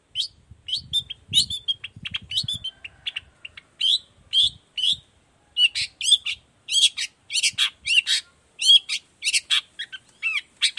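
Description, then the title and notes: Long-tailed shrike song, rapid varied chatter of high squeaky and slurred notes in fast bursts, with faint low clicks early on. Morning song of a cendet, used as a lure to make other shrikes of any type reply quickly and open their beaks; varied 'toet toet' voice. "Cendet Gacor Dor Di Kala Pagi Toet Toet Variasi Suara. Cendet Gacor Efektif Pancingan Buat Cendet Jenis Apapun Agar Cepat Nyaut Buka Paruh. Burung cendet"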